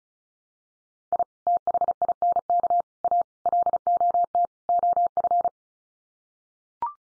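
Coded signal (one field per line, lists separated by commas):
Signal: Morse code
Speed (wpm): 34 wpm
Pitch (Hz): 700 Hz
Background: none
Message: I THINK A LOT OF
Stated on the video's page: Practice drill at 35wpm: five-word groups from common 5-grams, each sent in Morse, spoken, then sent again for head-copy.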